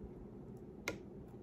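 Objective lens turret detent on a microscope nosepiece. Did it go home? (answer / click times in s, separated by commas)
yes / 0.9 s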